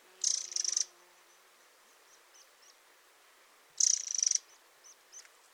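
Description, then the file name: Eurasian wren making two harsh, high ticking rattles about three and a half seconds apart, each split into two quick bursts, with a few faint ticks after each. "Troglodytes troglodytes"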